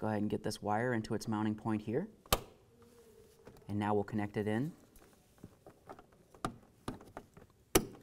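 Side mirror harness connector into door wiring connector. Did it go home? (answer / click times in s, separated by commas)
yes / 7.8 s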